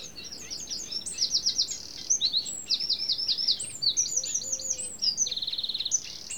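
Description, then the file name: Eurasian wren delivering an explosive run of high, shrill notes and rattling trills, with a faint low whistle briefly audible underneath partway through. "Troglodytes troglodytes"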